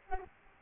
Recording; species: mosquito wingbeat signal from an infrared sensor; Aedes albopictus